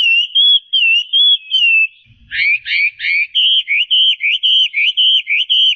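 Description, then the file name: Chinese hwamei song of repeated whistled notes, then a quick burst of rising buzzy notes, followed by a fast rhythmic series of short slurred whistles. "audio-kicauan-burung-hwamei omkicau"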